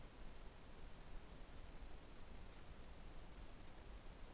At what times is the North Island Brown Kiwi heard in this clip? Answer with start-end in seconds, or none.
none